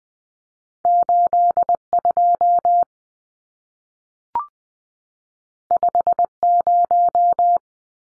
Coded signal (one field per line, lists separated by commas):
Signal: Morse code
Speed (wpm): 20 wpm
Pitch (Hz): 700 Hz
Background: none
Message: 82 50